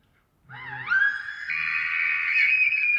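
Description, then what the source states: Bull elk challenge: a loud, wavering whistle rises into a sustained, strained high scream with rich harmonics. Bull elk in rut giving aggressive challenge, morning of September 18 from pre-dawn, just before hunting season; dry high plateau with ravines and pine-spruce stands, eastern Cascades between Wenatchee and Ellensburg, Washington.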